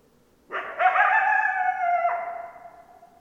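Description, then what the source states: Coyote howl: a long, even tone that rises at the onset, briefly breaks partway through, then fades out. Recorded on 10 December 2012.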